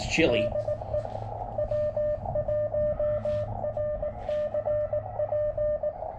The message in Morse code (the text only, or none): DE W1RCP